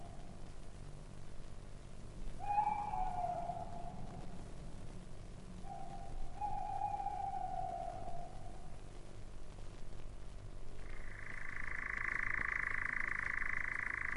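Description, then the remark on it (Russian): A nightjar, a non-predatory night bird, churring at night, making the sound with its throat: long, dry, mechanical trills in several bursts, the last one shifting to a higher pitch and running on steadily over a constant hiss of background noise. “Патефон заводил Козадой. Тоже ночная птица, только не хищная.”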